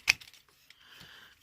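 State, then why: Seated. A plastic section of a Transformers Studio Series SS-08 Leader Class Blackout action figure is raised during transformation until it snaps into its mating tab on the figure body. A sharp click is heard at 0.1 s, followed by a few softer plastic ticks and faint handling noise. The part is seated in place.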